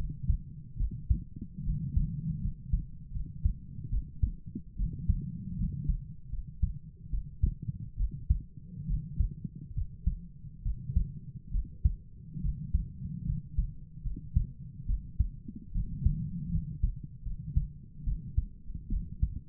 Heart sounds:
heart sounds by stethoscope; 73 bpm
0.78 s: heartbeat
1.65 s: heartbeat
2.42 s: heartbeat
3.13 s: heartbeat
3.91 s: heartbeat
4.77 s: heartbeat
5.58 s: heartbeat
6.31 s: heartbeat
7.11 s: heartbeat
7.98 s: heartbeat
8.88 s: heartbeat
9.75 s: heartbeat
10.64 s: heartbeat
11.52 s: heartbeat
12.42 s: heartbeat
13.26 s: heartbeat
14.04 s: heartbeat
14.87 s: heartbeat
15.73 s: heartbeat
16.52 s: heartbeat
17.24 s: heartbeat
18.05 s: heartbeat
18.90 s: heartbeat
From the record:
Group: healthy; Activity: rest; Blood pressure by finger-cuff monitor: 106/50 mmHg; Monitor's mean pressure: 71 mmHg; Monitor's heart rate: 72 bpm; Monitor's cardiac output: 7.1 L/min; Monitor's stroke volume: 99 mL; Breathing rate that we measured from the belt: 17 breaths a minute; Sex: female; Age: 22 years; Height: 160 cm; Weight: 63 kg

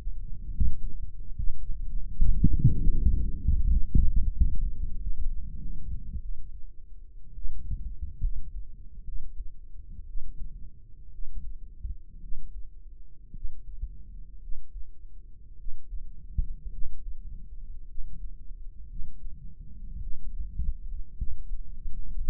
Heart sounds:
heart sounds by microphone in the right ear; 64 bpm
0.52 s: heartbeat
1.34 s: heartbeat
2.15 s: heartbeat
2.91 s: heartbeat
3.65 s: heartbeat
4.32 s: heartbeat
4.97 s: heartbeat
5.58 s: heartbeat
6.20 s: heartbeat
7.33 s: heartbeat
8.19 s: heartbeat
9.03 s: heartbeat
10.04 s: heartbeat
11.09 s: heartbeat
12.18 s: heartbeat
13.31 s: heartbeat
14.38 s: heartbeat
15.54 s: heartbeat
16.68 s: heartbeat
17.84 s: heartbeat
18.85 s: heartbeat
19.97 s: heartbeat
21.13 s: heartbeat
22.13 s: heartbeat
From the record:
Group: healthy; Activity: Valsalva maneuver 0-4 s, rest 4-22 s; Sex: male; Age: 20 years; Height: 187 cm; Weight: 68.9 kg

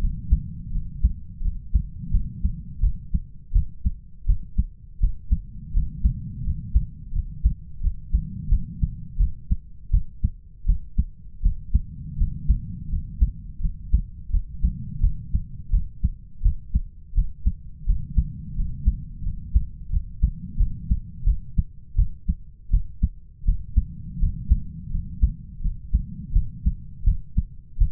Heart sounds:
heart sounds by stethoscope; 84 bpm
0.71 s: heartbeat
1.41 s: heartbeat
2.11 s: heartbeat
2.80 s: heartbeat
3.52 s: heartbeat
4.26 s: heartbeat
4.99 s: heartbeat
5.73 s: heartbeat
6.43 s: heartbeat
7.12 s: heartbeat
7.81 s: heartbeat
8.49 s: heartbeat
9.17 s: heartbeat
9.90 s: heartbeat
10.65 s: heartbeat
11.42 s: heartbeat
12.17 s: heartbeat
12.89 s: heartbeat
13.60 s: heartbeat
14.30 s: heartbeat
15.00 s: heartbeat
15.70 s: heartbeat
16.42 s: heartbeat
17.14 s: heartbeat
17.85 s: heartbeat
18.55 s: heartbeat
19.23 s: heartbeat
19.90 s: heartbeat
20.57 s: heartbeat
21.24 s: heartbeat
21.95 s: heartbeat
22.70 s: heartbeat
23.44 s: heartbeat
24.19 s: heartbeat
24.90 s: heartbeat
25.61 s: heartbeat
26.32 s: heartbeat
27.04 s: heartbeat
27.77 s: heartbeat
From the record:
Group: healthy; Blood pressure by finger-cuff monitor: 113/72 mmHg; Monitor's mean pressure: 86 mmHg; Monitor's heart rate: 84 bpm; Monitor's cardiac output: 7.6 L/min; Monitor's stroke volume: 91 mL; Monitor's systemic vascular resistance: 820 dyn s/cm5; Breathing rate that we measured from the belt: 10 breaths a minute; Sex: male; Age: 33 years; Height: 179 cm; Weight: 80.4 kg

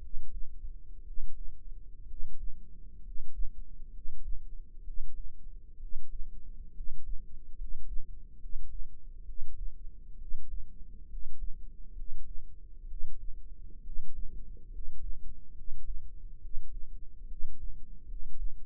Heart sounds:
heart sounds by microphone in the left ear; 67 bpm
1.01 s: heartbeat
2.04 s: heartbeat
2.99 s: heartbeat
3.89 s: heartbeat
4.81 s: heartbeat
5.76 s: heartbeat
6.70 s: heartbeat
7.53 s: heartbeat
8.36 s: heartbeat
9.22 s: heartbeat
10.15 s: heartbeat
11.05 s: heartbeat
11.92 s: heartbeat
12.84 s: heartbeat
13.80 s: heartbeat
14.68 s: heartbeat
15.51 s: heartbeat
16.38 s: heartbeat
17.24 s: heartbeat
18.04 s: heartbeat
From the record:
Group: healthy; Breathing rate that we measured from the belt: 16 breaths a minute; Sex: male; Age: 22 years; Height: 185 cm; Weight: 112.4 kg

